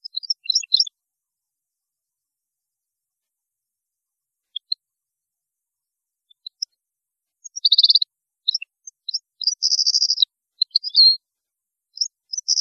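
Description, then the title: European goldfinch song: a brief twitter, a quiet gap with odd notes, then a lively run of buzzy trills and liquid twittering. "Chant Chardonneret"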